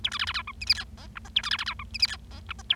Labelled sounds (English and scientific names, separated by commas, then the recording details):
Bengalese Finch (Lonchura striata domestica) song
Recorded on 25 March 2012 at 18:50
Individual gy6or6